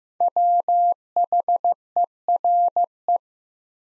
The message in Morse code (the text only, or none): WHERE